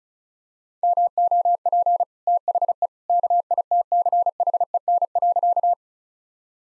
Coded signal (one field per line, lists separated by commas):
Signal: Morse code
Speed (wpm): 34 wpm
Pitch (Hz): 700 Hz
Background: none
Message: MOP THE KITCHEN.